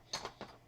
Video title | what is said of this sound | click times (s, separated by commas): iPhone 5 Housing Replacement Part 2 | everything should snap into place | 0.1 s